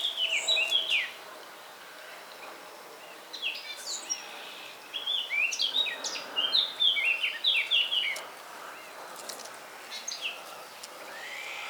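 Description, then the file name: Eurasian blackcap song: bursts of quick, warbled notes in a high, varied run, given in several phrases with pauses, over a steady hiss of background noise. "Sylvia atricapilla"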